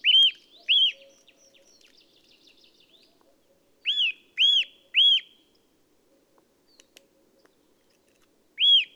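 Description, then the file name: Eurasian nuthatch uttering clear, ringing whistled notes singly and in short groups, with a faint high trill between calls. "Sitta europaea"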